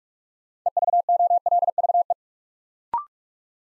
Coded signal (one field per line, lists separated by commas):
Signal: Morse code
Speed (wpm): 44 wpm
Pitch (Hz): 700 Hz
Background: none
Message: EVOLVE